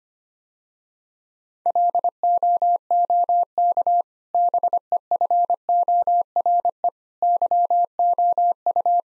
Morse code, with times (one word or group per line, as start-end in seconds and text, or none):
1.7-4.0 LOOK
4.3-6.9 BEFORE
7.2-9.0 YOU